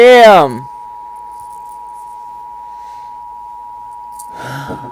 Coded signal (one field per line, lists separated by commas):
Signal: Emergency Alert System (SAME) tones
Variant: 853 and 960 Hz attention tone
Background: speech